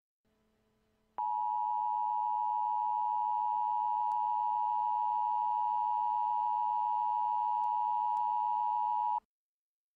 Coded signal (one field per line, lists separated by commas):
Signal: Emergency Alert System (SAME) tones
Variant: 853 and 960 Hz attention tone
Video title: EAS Required Monthly Test